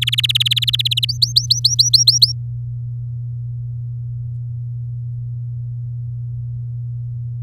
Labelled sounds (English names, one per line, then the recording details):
Domestic Canary song
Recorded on 8 May 2018 at 16:04
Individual llb16